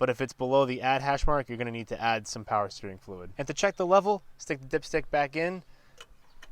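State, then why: Torque reached. Someone talks while a power steering fluid reservoir cap with an attached dipstick is screwed back onto the reservoir. Its ratchet gives two small ticking clicks at about 6.0 and 6.4 seconds as the cap clicks tight.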